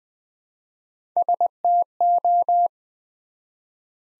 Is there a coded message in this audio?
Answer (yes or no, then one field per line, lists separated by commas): yes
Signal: Morse code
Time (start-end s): 1.2-2.7 s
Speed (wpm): 20 wpm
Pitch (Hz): 700 Hz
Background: none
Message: STO